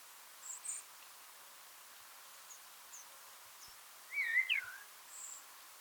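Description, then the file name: Eurasian blackbird: a brief, quiet cluster of twisting notes just after four seconds, with a few faint high notes elsewhere over steady hiss. "Turdus merula"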